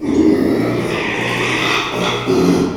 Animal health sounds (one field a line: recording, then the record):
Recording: squeal of a Yucatan mini pig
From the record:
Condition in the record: after surgery on the right vocal fold (resection and tissue-engineered implant)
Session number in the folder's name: 1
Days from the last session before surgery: 6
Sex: male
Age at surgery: 12 weeks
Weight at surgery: 13 kg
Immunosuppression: cyclosporine, prednisolone